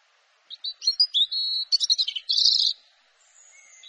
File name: canto do pisco de peito ruivo